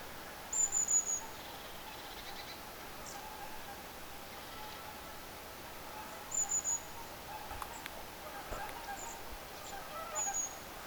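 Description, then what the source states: Long-tailed tit giving very high, thin, rapidly trilled calls in three short bursts a few seconds apart, with a faint lower hum beneath. Recorded 14 October 2024; several long-tailed tits.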